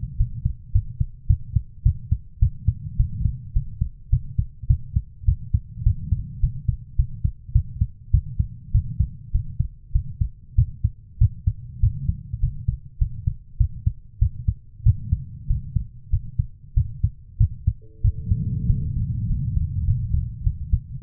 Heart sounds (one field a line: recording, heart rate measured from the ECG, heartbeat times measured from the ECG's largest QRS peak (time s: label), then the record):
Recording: heart sounds by stethoscope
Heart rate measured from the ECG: 101 bpm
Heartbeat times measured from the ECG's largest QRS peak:
0.17 s: heartbeat
0.72 s: heartbeat
1.27 s: heartbeat
1.83 s: heartbeat
2.40 s: heartbeat
2.97 s: heartbeat
3.53 s: heartbeat
4.10 s: heartbeat
4.67 s: heartbeat
5.26 s: heartbeat
5.84 s: heartbeat
6.41 s: heartbeat
6.96 s: heartbeat
7.53 s: heartbeat
8.11 s: heartbeat
8.72 s: heartbeat
9.32 s: heartbeat
9.93 s: heartbeat
10.56 s: heartbeat
11.19 s: heartbeat
11.81 s: heartbeat
12.40 s: heartbeat
12.99 s: heartbeat
13.58 s: heartbeat
14.19 s: heartbeat
14.84 s: heartbeat
15.48 s: heartbeat
16.10 s: heartbeat
16.74 s: heartbeat
17.38 s: heartbeat
18.02 s: heartbeat
18.67 s: heartbeat
19.27 s: heartbeat
19.85 s: heartbeat
20.44 s: heartbeat
From the record:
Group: healthy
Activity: rest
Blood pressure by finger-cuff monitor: 109/59 mmHg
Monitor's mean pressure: 79 mmHg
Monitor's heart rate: 101 bpm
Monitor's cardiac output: 9.8 L/min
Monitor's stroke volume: 94 mL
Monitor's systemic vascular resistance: 600 dyn s/cm5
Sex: female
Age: 24 years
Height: 163 cm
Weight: 55.7 kg